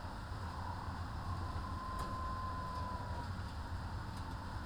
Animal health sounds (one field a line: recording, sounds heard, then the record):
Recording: poultry house recording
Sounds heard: healthy chickens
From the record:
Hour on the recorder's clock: 14